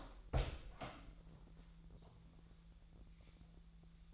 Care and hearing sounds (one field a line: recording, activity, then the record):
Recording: daily activity, microphone in the room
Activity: open door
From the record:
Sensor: 3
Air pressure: 1001.4 hPa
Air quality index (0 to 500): 250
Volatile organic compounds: 156 ppm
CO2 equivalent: 4050 ppm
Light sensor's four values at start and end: 10/23/9/9 and 11/26/11/10